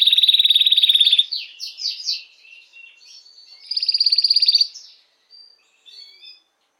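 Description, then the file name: Canary song opening with a fast rattling trill, then slurred notes, a second pulsed roll and a few soft closing chirps. Belgian mosaic canary. "canto do canario belga mosaico"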